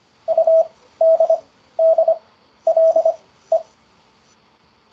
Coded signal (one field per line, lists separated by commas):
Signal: Morse code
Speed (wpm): 26 wpm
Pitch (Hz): 650 Hz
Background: none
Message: UDDLE